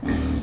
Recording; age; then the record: pig call; growing-finishing pig (85 days or more)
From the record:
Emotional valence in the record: negative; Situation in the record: barren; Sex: female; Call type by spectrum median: low-frequency call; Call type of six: low-frequency stable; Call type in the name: low-frequency stable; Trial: 1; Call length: 0.43 s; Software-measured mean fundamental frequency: 40 Hz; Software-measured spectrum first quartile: 118 Hz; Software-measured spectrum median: 246 Hz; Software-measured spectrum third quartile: 470 Hz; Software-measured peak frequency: 266 Hz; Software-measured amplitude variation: 145 dB a second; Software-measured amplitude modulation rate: 28.9 a second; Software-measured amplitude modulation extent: 5.0 dB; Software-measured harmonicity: 0.0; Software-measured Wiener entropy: -0.80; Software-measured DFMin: 681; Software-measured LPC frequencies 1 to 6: 284, 1014, 1816, 2373, 3252, 3686 Hz